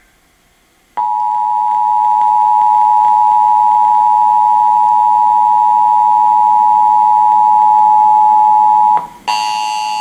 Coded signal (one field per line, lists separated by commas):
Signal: Emergency Alert System (SAME) tones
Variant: 853 and 960 Hz attention tone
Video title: CMGUS VCR CLASSIC: EMERGENCY ALERT SYSTEM DURING TRUMP IMPEACHMENT TRIAL SIOUX FALLS 28 JAN 2020